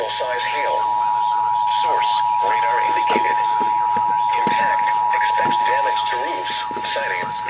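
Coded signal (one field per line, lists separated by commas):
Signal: Emergency Alert System (SAME) tones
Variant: 853 and 960 Hz attention tone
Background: speech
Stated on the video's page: Severe Thunderstorm Warning received on a NOAA weather radio station.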